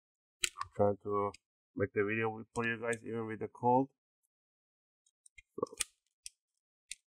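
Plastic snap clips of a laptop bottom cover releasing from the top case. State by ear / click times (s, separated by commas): released / 6.3 s, 6.9 s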